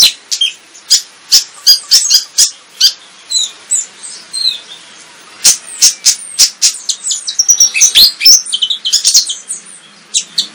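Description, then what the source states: Flycatcher song: rapid high chirps, trills and twittering phrases, broken by frequent sharp clicking snaps throughout. Energetic 'gacor' singing in the 'tembakan' song style.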